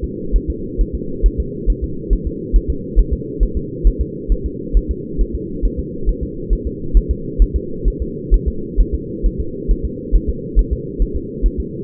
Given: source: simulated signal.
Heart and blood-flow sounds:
fetal heart sounds
0.04 s: S2
0.36 s: S1
0.50 s: S2
0.81 s: S1
0.95 s: S2
1.26 s: S1
1.40 s: S2
1.70 s: S1
1.84 s: S2
2.13 s: S1
2.27 s: S2
2.56 s: S1
2.70 s: S2
2.99 s: S1
3.13 s: S2
3.43 s: S1
3.57 s: S2
3.87 s: S1
4.01 s: S2
4.32 s: S1
4.46 s: S2
4.77 s: S1
4.91 s: S2
5.21 s: S1
5.35 s: S2
5.65 s: S1
5.79 s: S2
6.09 s: S1
6.23 s: S2
6.53 s: S1
6.67 s: S2
6.97 s: S1
7.11 s: S2
7.42 s: S1
7.56 s: S2
7.88 s: S1
8.02 s: S2
8.34 s: S1
8.48 s: S2
8.80 s: S1
8.94 s: S2
9.26 s: S1
9.40 s: S2
9.71 s: S1
9.85 s: S2
10.15 s: S1
10.29 s: S2
10.59 s: S1
10.73 s: S2
11.02 s: S1
11.16 s: S2
11.46 s: S1
11.60 s: S2
From the record:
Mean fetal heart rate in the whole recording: 135 bpm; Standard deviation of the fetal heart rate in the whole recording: 3 bpm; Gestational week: 36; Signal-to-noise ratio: -4.3 dB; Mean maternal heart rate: 72 bpm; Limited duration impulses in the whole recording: absent

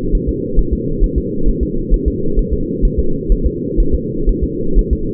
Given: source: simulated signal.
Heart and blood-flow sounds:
fetal heart sounds
0.15 s: S1
0.29 s: S2
0.59 s: S1
0.73 s: S2
1.04 s: S1
1.18 s: S2
1.49 s: S1
1.63 s: S2
1.94 s: S1
2.08 s: S2
2.39 s: S1
2.53 s: S2
2.85 s: S1
2.99 s: S2
3.32 s: S1
3.46 s: S2
3.80 s: S1
3.94 s: S2
4.29 s: S1
4.44 s: S2
4.79 s: S1
4.93 s: S2
From the record:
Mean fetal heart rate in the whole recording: 130 bpm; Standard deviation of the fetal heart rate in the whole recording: 4 bpm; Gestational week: 38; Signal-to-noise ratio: -8.1 dB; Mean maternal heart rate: 72 bpm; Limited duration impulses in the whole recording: absent

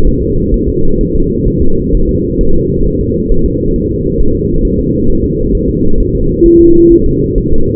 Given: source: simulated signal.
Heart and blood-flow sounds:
fetal heart sounds
0.07 s: S1
0.22 s: S2
0.54 s: S1
0.69 s: S2
1.01 s: S1
1.15 s: S2
1.48 s: S1
1.62 s: S2
1.94 s: S1
2.09 s: S2
2.41 s: S1
2.55 s: S2
2.87 s: S1
3.01 s: S2
3.32 s: S1
3.46 s: S2
3.76 s: S1
3.91 s: S2
4.20 s: S1
4.35 s: S2
4.65 s: S1
4.79 s: S2
5.10 s: S1
5.24 s: S2
5.55 s: S1
5.69 s: S2
6.00 s: S1
6.15 s: S2
6.46 s: S1
6.60 s: S2
6.92 s: S1
7.06 s: S2
7.38 s: S1
7.53 s: S2
From the record:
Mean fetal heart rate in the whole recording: 130 bpm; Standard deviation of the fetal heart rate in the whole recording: 4 bpm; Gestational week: 38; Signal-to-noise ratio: -19.1 dB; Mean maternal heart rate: 72 bpm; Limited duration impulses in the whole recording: present

